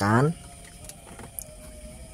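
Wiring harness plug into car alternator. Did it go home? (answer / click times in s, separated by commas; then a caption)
yes / 1.4 s. A wiring harness plug is pressed onto the alternator of an Avanza car until it latches. Someone talks briefly at the start, then there is a faint tick near 0.9 s and a sharp click at 1.4 s. The connector is seated.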